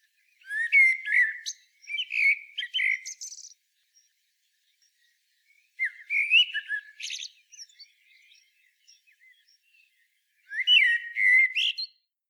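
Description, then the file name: Common blackbird song: three fluty warbled phrases with thin, high twittering notes, separated by pauses. "Turdus merula"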